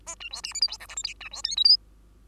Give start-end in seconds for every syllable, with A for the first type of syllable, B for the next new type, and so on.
0.06-0.15 A, 0.20-0.29 B, 0.30-0.42 C, 0.43-0.53 D, 0.54-0.61 E, 0.61-0.67 F, 0.68-0.77 G, 0.80-0.87 H, 0.88-0.96 I, 0.96-1.03 J, 1.03-1.14 K, 1.20-1.29 B, 1.31-1.42 C, 1.44-1.56 L, 1.56-1.64 M, 1.64-1.77 N